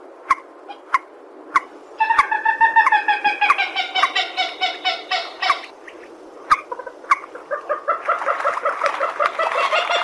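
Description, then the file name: Purple swamphen giving nasal, harmonic honking calls in rapid stuttering runs, broken by sharp single notes and clicks. "tieng trich re keu"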